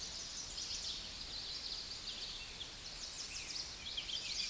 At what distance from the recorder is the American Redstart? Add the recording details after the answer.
about 35 m. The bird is about 5 m above the microphone. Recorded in a Pennsylvania forest on 16 May 2024 at 09:02. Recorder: AudioMoth, point MSD-2377. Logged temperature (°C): 16.1 °C. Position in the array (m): 101 m, 227 m